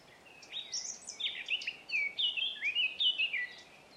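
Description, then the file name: Eurasian blackcap song: a hurried warble of varied notes moving into rich, loud, fluty whistles, with faint background hiss. "Sylvia atricapilla"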